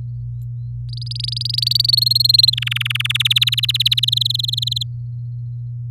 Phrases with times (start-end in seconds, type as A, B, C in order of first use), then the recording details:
0.89-1.91 A, 1.93-2.50 B, 2.53-3.17 C, 3.19-4.05 D, 4.07-4.83 E. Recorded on 4 May 2018 at 09:18. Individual llb16